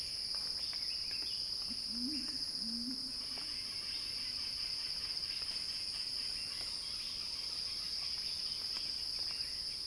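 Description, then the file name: Cicadas singing a steady, shrill drone that holds unbroken throughout, with a few low warbling notes beneath early on. Cicada recording titled Cicada Crescendo, by Axel Drioli for Earth.fm. "earth-fm Axel-Drioli Cicada-Crescendo-Sounding-Wild"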